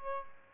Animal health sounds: mosquito wingbeat signal from an infrared sensor; Aedes albopictus

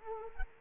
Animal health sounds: mosquito wingbeat signal from an infrared sensor; Anopheles arabiensis

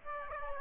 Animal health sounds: mosquito wingbeat signal from an infrared sensor; Aedes aegypti

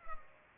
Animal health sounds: mosquito wingbeat signal from an infrared sensor; Culex pipiens

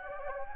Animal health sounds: mosquito wingbeat signal from an infrared sensor; Anopheles gambiae

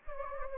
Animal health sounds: mosquito wingbeat signal from an infrared sensor; Anopheles gambiae

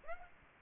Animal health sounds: mosquito wingbeat signal from an infrared sensor; Aedes aegypti

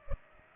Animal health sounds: mosquito wingbeat signal from an infrared sensor; Culex pipiens

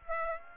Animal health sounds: mosquito wingbeat signal from an infrared sensor; Aedes aegypti

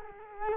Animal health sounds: mosquito wingbeat signal from an infrared sensor; Culex quinquefasciatus

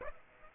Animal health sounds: mosquito wingbeat signal from an infrared sensor; Aedes aegypti

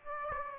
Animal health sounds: mosquito wingbeat signal from an infrared sensor; Aedes aegypti

